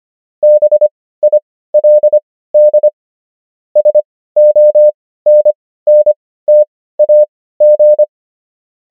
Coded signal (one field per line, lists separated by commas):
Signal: Morse code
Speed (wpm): 25 wpm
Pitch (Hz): 600 Hz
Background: none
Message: BILD SONNTAG